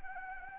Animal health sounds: mosquito wingbeat signal from an infrared sensor; Anopheles arabiensis

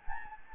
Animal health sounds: mosquito wingbeat signal from an infrared sensor; Anopheles gambiae

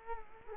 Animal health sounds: mosquito wingbeat signal from an infrared sensor; Culex quinquefasciatus

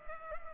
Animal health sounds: mosquito wingbeat signal from an infrared sensor; Culex pipiens

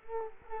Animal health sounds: mosquito wingbeat signal from an infrared sensor; Culex quinquefasciatus

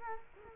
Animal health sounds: mosquito wingbeat signal from an infrared sensor; Culex quinquefasciatus

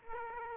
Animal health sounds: mosquito wingbeat signal from an infrared sensor; Aedes aegypti

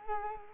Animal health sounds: mosquito wingbeat signal from an infrared sensor; Culex quinquefasciatus

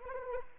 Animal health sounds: mosquito wingbeat signal from an infrared sensor; Anopheles arabiensis

